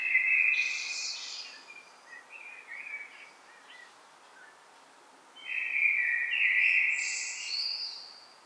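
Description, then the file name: Common blackbird song: a warbled phrase with a high squeaky flourish, then quieter notes before a second fluting phrase with a thin high twitter. "Turdus merula"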